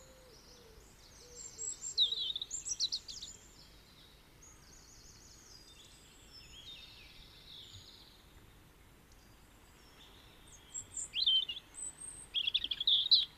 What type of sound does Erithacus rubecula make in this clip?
song